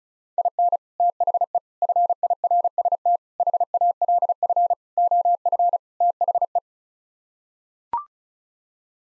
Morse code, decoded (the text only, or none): IN THE FIRST HALF OF THE